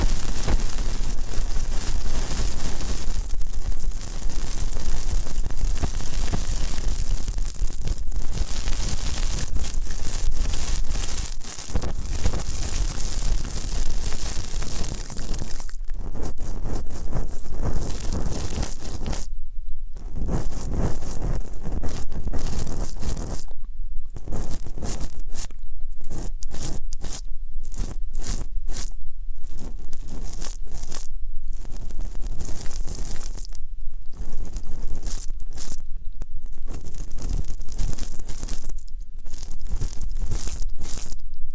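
Deep ear canal and eardrum cleaning, heard as dense crackling and scraping rustle with a thumping low rumble. The first fifteen seconds are continuous. After that the noise breaks into rapid bursts separated by brief silent gaps.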